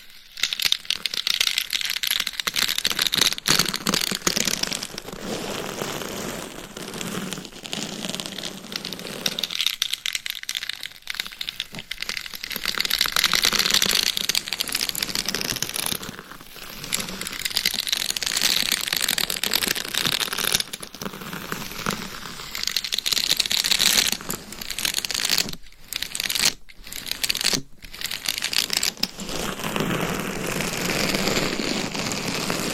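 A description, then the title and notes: Gloved fingers and nails scratch and tap on a binaural mic in dense, crinkly rustling that runs steadily, with abrupt brief cutoffs near the end. ASMR Binaural Mic Scratching & Tapping with Different Gloves & Nails for 100% SLEEP - No Talking.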